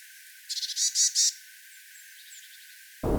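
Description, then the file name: Eurasian blue tit call: a quick run of four thin high notes followed by three longer, buzzy, harsher notes, then quiet, with a brief low thump at the end. "Cyanistes caeruleus"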